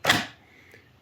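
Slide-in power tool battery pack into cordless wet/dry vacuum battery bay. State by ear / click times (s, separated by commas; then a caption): seated / 0.1 s. A second 18V slide-in battery pack is pushed along the plastic tracks on top of a Milwaukee M18 FUEL 9 Gal. cordless dual-battery wet/dry shop vacuum (model 0920-22HD) until it latches into the battery bay. A sharp, bright snap lands at 0.1 s and rings down over about a quarter second, followed by a faint tick near 0.7 s. The snap marks the pack seated and locked in place.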